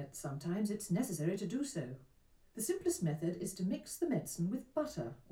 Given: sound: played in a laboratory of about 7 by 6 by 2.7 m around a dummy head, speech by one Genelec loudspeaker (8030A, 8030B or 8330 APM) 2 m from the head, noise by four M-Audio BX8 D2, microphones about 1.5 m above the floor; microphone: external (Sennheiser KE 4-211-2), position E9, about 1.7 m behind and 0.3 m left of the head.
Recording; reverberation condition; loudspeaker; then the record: female speech in English; low; in front (0 degrees)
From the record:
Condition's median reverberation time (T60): about 310 ms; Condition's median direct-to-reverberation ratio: about 3.5 dB